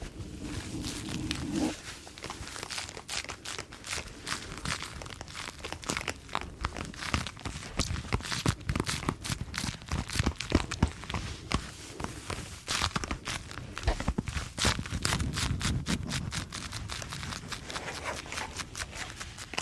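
Gloves being handled, with dense crinkling and crackling snaps that run almost without pause for the full twenty seconds. Sharp bright clicks pile up in irregular bursts, a little busier in the middle. A soft low rumble sits underneath near the start and again around fifteen seconds.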